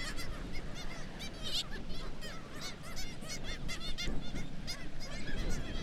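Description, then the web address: Kittiwakes calling rapidly and densely, with many overlapping high nasal cries against a background rumble. "Black legged kittiwake. صدای-پرنده-کاکایی-پاسیاه"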